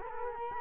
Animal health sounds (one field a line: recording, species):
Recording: mosquito wingbeat signal from an infrared sensor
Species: Culex quinquefasciatus